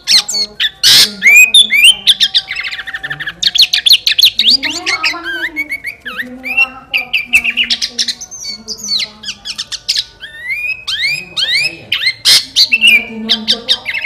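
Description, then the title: Sooty-headed bulbul delivering a long, varied song of rapid chirps, whistled slurs and chatter. "Kutilang"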